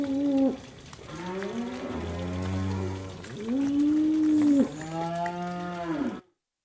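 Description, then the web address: Cattle mooing: several long, drawn-out moos, one deep and low, others rising then falling, following one another with barely a pause. Cattle walking down a muddy lane, lots of moos, close perspective; recording ends abruptly. "Sound Effects-BBC Cattle"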